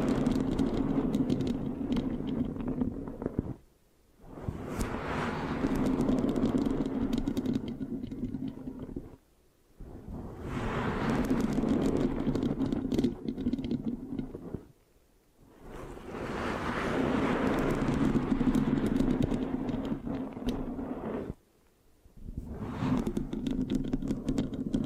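Rough, sticky mic scratching comes in long dense strokes with a steady low rumble, broken by brief silences near 4, 9, 15 and 22 seconds.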